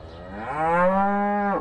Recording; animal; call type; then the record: contact call of a hoofed animal; cattle; low-frequency (closed-mouth) or high-frequency (open-mouth) call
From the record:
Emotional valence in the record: negative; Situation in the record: full separation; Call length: 1.61 s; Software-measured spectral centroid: 1070 Hz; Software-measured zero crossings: 1420 a second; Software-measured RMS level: -23 dBFS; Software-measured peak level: -8 dBFS